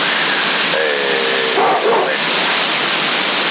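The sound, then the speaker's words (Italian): A dog in a garage lets out a drawn-out, whining yelp followed by two or three short, muffled barks, all over a steady background hiss. “Aspettate che c'ho la bella ferocità in garage che sta abbaiando.”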